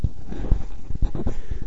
Male sneeze.